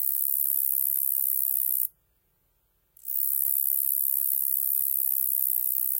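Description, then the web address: Roesel's shieldback katydid song, a steady very high-pitched hissing buzz that stops for about a second and then resumes unchanged. "The Songs of Insects. Roesel's Shieldback Katydid"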